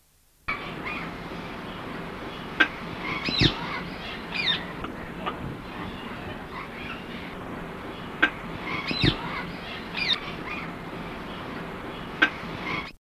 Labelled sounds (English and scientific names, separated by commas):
Palm Cockatoo (Probosciger aterrimus) call